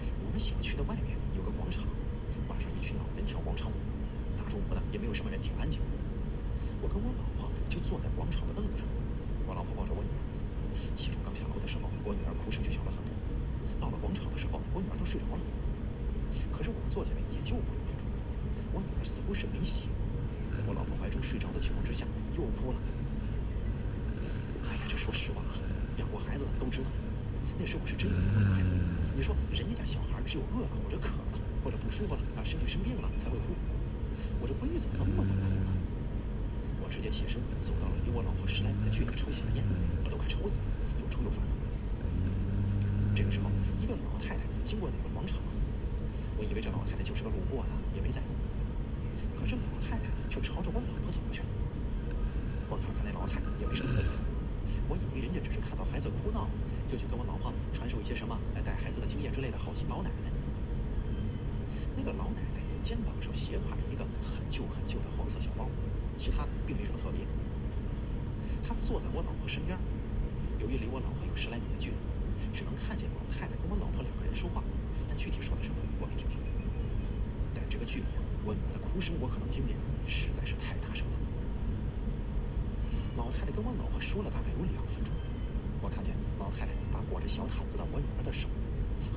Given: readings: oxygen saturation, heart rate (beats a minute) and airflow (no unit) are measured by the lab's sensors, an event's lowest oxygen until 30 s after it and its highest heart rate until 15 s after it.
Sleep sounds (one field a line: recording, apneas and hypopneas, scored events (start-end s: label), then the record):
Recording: breathing in sleep by a smartphone at the bedside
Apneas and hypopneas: 1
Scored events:
3.00-22.70 s: hypopnea (N2, oxygen 95% highest, then 92% lowest)
From the record:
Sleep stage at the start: N2 (light sleep)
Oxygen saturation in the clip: 92 to 95%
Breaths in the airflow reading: 30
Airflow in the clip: -2.3 to 3.5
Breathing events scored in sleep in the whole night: 335 in 6.7 hours asleep